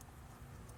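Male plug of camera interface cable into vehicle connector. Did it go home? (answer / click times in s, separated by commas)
no / none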